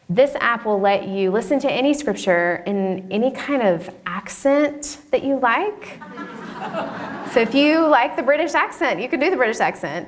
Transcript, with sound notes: This app will let you listen to any Scripture in any kind of accent that you like. (laughter) So if you like the British accent, you can do the British accent.